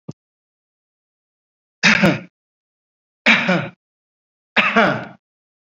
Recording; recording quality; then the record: heavy voluntary cough; excellent, no background noise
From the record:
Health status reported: COVID-19 positive, no symptoms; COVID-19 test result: positive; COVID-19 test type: RT-PCR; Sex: male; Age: 44 years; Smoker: yes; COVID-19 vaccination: both doses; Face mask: worn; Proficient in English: no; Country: India